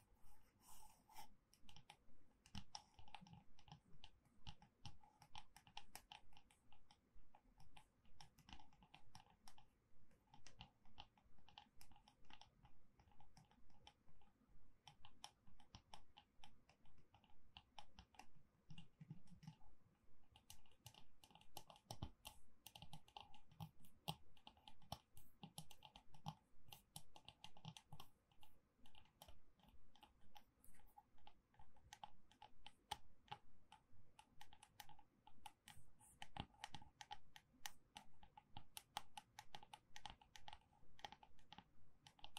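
Gentle tapping goes on steadily for the whole clip: dense, quick, light clicks like typing on a keyboard, with a soft low rumble underneath.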